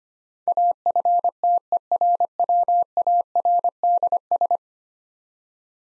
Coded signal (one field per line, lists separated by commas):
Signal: Morse code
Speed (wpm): 25 wpm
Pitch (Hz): 700 Hz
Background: none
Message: AFTERWARDS